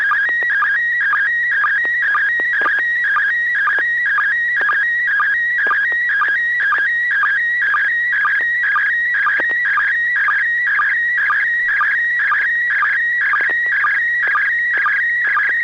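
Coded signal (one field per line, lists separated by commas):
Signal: SSTV (slow-scan television)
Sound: warbling whistle-like tone shifting pitch, with short low chirps twice a second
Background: low steady hum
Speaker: looks like some neighbor or Neil has a really really fancy uh Halloween set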